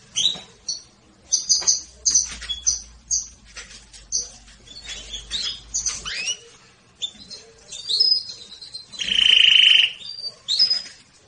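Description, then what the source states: Canary chirps and short notes scattered irregularly, fairly soft, with one loud rolled trill near the end. Domestic canary singing in the Persian "rasmi" song style.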